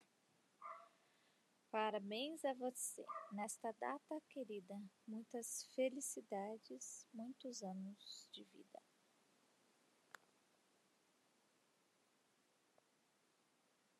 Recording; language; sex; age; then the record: short text; Brazilian Portuguese; female; 30 to 39 years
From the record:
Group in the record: control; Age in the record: 37 years